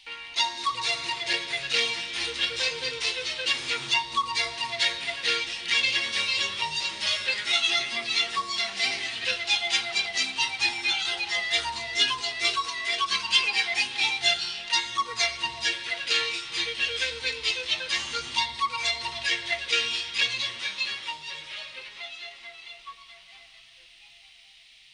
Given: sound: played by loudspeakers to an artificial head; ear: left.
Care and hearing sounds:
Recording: music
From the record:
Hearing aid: class 2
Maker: A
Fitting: closed earmoulds, the maker's default for a moderate loss (N3)

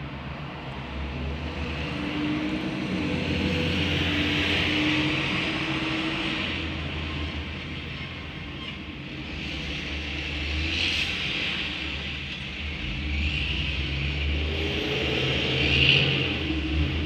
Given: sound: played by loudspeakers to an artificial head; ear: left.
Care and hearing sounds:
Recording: road traffic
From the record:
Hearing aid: none

